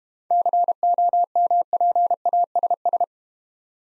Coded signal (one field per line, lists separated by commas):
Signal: Morse code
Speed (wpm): 32 wpm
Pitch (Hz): 700 Hz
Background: none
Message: COMPASS